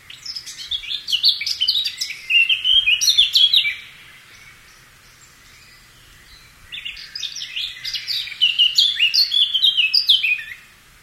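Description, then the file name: Eurasian wren song: two long, rapid outpourings of high, loud trills and sharp notes, each about three to four seconds, separated by a quiet pause. "Zaunkoeniggesang"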